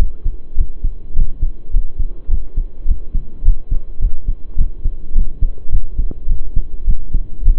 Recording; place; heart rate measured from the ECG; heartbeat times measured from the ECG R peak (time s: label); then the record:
heart sounds by stethoscope; between the tricuspid and mitral areas; 105 bpm
0.56 s: heartbeat
1.15 s: heartbeat
1.72 s: heartbeat
2.29 s: heartbeat
2.86 s: heartbeat
3.43 s: heartbeat
4.00 s: heartbeat
4.57 s: heartbeat
5.14 s: heartbeat
5.71 s: heartbeat
6.28 s: heartbeat
6.86 s: heartbeat
7.44 s: heartbeat
From the record:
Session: pedaling a stationary bicycle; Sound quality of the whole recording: saturated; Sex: male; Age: 23 years